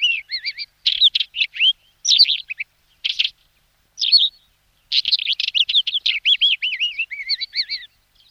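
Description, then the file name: Isabelline wheatear song: a loud, varied jumble of chattering, whistled and rasping phrases with short pauses. "Kamenka plyasunya"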